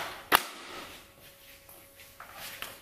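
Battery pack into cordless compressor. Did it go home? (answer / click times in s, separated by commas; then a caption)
no / none. A plastic Ryobi ONE+ 18V battery pack is handled against a Ryobi cordless compressor while being attached. A loud, sharp hit comes near the start, followed by quieter scrapes and two small knocks near the end. The pack has not seated or clicked into place yet.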